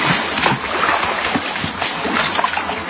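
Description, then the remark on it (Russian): A girl washing her feet in a huge basin splashes water vigorously, a steady churning wash broken by repeated sharp splashes and slaps, spilling almost all the water, fairly loud and continuous, with no voices. “Она ничего не сказала в ответ, только принялась так брызгаться, что расплескала почти всю воду.”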